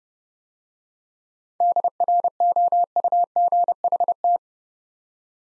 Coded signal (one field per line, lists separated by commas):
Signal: Morse code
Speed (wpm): 30 wpm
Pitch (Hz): 700 Hz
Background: none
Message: DROUGHT